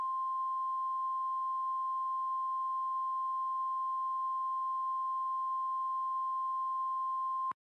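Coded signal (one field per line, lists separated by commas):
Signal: Emergency Alert System (SAME) tones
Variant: 1050 Hz attention tone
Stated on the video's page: Fictional EAS scenario about a blizzard.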